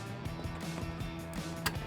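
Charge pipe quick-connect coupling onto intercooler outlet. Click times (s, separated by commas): 1.7 s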